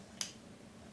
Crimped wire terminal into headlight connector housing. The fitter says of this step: push that through till it clicks